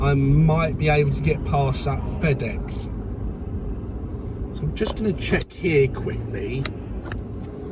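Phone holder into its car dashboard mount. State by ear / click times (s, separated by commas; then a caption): seated / 7.1 s. Inside a moving car, someone talks over the low engine and road rumble, then pushes a loose phone holder back into its car dashboard mount, and it clicks into place at 7.1 s. The holder had come loose, which is why the phone had been wobbling around.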